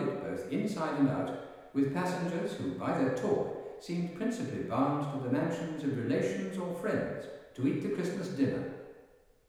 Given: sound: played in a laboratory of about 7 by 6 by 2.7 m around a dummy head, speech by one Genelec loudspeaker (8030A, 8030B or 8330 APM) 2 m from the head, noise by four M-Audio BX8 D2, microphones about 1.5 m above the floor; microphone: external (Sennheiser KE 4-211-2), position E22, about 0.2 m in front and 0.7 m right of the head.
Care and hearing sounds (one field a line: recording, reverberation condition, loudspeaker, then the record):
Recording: male speech in English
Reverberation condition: high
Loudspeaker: behind (180 degrees)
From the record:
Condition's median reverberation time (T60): about 1300 ms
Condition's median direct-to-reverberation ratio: about -4.0 dB